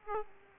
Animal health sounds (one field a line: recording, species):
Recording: mosquito wingbeat signal from an infrared sensor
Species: Aedes aegypti